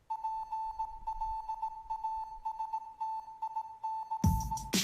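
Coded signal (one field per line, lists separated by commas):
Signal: Morse code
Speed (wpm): 18 wpm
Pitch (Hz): 880 Hz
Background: music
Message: PLASTIC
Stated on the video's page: Morse code heard in the Gorillaz album Plastic Beach.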